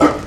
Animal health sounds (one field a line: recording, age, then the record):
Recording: pig call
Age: growing-finishing pig (85 days or more)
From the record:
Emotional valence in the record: positive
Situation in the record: run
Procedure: transit